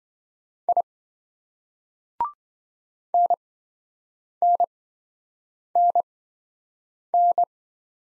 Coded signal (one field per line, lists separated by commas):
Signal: Morse code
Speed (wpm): 26 wpm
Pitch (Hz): 700 Hz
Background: none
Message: I NNNN